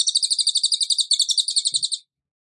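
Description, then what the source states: Bird giving a fast, high, buzzy pulsed trill of even rapid notes for about two seconds, then stopping abruptly. Bird singing actively ('gacor') in the 'tembakan' rapid-burst style, used for training cage birds.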